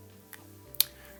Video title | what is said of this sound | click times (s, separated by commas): ✨ Your GE Refrigerator Lights Are Blinking - Don't Call A Technician ✨ | and then I'll press down with my thumbs until it clicks. Okay, | 0.8 s